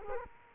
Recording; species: mosquito wingbeat signal from an infrared sensor; Culex quinquefasciatus